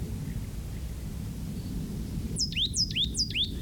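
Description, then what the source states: Plain Titmouse song of three rapid, evenly spaced whistled phrases, each plunging from high to middle pitch with a short upturn, set against constant low-pitched background noise. Possibly the male of a pair, or the same bird recorded calling earlier; singing from spaced live oaks about 10 feet tall with grass understory, bays, poison oak and big leaf maple, edging a draw.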